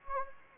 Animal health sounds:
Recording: mosquito wingbeat signal from an infrared sensor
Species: Anopheles gambiae

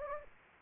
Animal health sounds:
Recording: mosquito wingbeat signal from an infrared sensor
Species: Anopheles gambiae

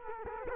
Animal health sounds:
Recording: mosquito wingbeat signal from an infrared sensor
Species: Culex quinquefasciatus

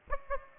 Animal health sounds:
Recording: mosquito wingbeat signal from an infrared sensor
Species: Aedes aegypti

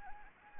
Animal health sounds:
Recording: mosquito wingbeat signal from an infrared sensor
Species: Anopheles arabiensis

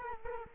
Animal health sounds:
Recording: mosquito wingbeat signal from an infrared sensor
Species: Culex quinquefasciatus

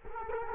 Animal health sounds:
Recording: mosquito wingbeat signal from an infrared sensor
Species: Culex quinquefasciatus

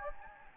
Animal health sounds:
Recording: mosquito wingbeat signal from an infrared sensor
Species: Anopheles gambiae

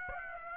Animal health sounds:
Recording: mosquito wingbeat signal from an infrared sensor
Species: Aedes aegypti

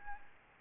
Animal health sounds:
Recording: mosquito wingbeat signal from an infrared sensor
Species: Aedes albopictus

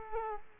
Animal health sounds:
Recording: mosquito wingbeat signal from an infrared sensor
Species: Culex quinquefasciatus

